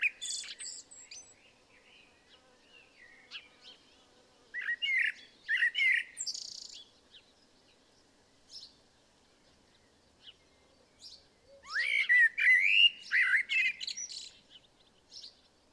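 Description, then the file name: Common blackbird with scattered high squeaks, a burst of warbled notes, then a loud closing sequence of rapid twittering notes. "Turdus merula"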